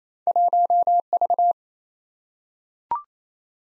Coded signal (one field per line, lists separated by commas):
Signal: Morse code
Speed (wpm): 28 wpm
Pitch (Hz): 700 Hz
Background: none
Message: 1V